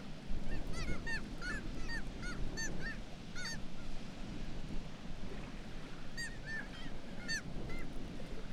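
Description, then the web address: Black-legged kittiwake calls, nasal wailing notes from many birds in quick overlapping bursts, pausing midway, over a steady low roar. "Black legged kittiwake. صدای-پرنده-کاکایی-پاسیاه"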